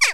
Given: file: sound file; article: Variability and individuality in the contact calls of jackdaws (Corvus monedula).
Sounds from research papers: jackdaw call; harmonic

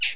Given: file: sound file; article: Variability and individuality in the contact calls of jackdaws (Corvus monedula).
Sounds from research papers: jackdaw call; noisy

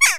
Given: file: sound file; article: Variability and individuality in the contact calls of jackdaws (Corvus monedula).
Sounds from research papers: jackdaw call; harmonic

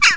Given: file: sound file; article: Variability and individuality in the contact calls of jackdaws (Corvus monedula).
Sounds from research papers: jackdaw call; harmonic

